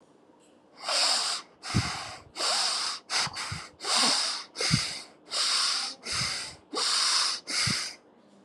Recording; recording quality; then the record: shallow breathing; excellent, no background noise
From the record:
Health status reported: recovered from COVID-19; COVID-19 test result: positive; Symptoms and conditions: none ticked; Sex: female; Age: 38 years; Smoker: not ticked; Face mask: not worn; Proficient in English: yes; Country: India